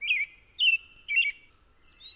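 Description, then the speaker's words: American Robin song: three short clear phrases, then a fainter fourth. Meskwaki name chi-chi-kakwaha echoes the song's pattern, which starts off with chi-chi-chi. "It almost sounds, pattern-wise, like songs that the robin sings. It almost starts off with chi-chi-chi, like that."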